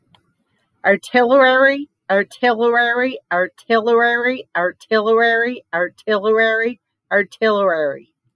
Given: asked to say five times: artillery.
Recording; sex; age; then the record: repeated word; female; 50 to 59 years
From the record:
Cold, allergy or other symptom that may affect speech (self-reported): no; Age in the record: 54 years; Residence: United States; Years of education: 14